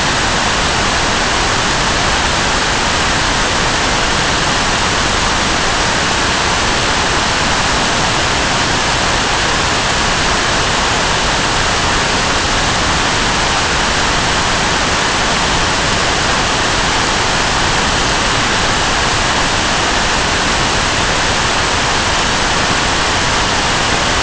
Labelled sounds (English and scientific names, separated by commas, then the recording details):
none
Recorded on Arctic tundra, site NAIT-1, on 25 June 2018
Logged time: 03:00